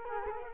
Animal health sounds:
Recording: mosquito wingbeat signal from an infrared sensor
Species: Culex quinquefasciatus

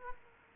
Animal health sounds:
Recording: mosquito wingbeat signal from an infrared sensor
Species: Aedes aegypti

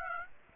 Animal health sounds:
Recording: mosquito wingbeat signal from an infrared sensor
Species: Aedes aegypti

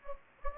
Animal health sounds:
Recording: mosquito wingbeat signal from an infrared sensor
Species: Anopheles gambiae

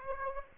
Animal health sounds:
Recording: mosquito wingbeat signal from an infrared sensor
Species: Aedes aegypti

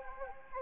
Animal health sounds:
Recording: mosquito wingbeat signal from an infrared sensor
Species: Anopheles gambiae

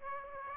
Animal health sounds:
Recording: mosquito wingbeat signal from an infrared sensor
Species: Aedes aegypti

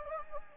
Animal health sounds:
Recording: mosquito wingbeat signal from an infrared sensor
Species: Anopheles gambiae

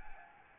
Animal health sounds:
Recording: mosquito wingbeat signal from an infrared sensor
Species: Anopheles arabiensis

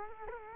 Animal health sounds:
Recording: mosquito wingbeat signal from an infrared sensor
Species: Culex quinquefasciatus

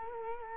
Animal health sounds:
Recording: mosquito wingbeat signal from an infrared sensor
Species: Culex quinquefasciatus

